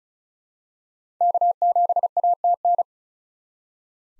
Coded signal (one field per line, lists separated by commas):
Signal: Morse code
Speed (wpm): 34 wpm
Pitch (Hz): 700 Hz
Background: none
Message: K7ATN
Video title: 2023 SOTA Chaser Call Signs - 35wpm